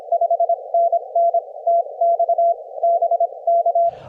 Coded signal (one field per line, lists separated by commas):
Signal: Morse code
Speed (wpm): 26 wpm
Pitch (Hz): 680 Hz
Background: none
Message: 5NN TX BK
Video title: Horizontal Full-Wave Loop Antennas | Why I Built a 40m Loop